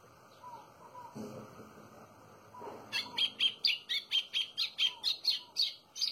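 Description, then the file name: White-throated seedeater song: after about three seconds, a rapid run of about a dozen buzzy, evenly spaced high notes. Softer, lower whistles sound in the background. "canto do golinho"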